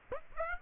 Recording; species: mosquito wingbeat signal from an infrared sensor; Aedes aegypti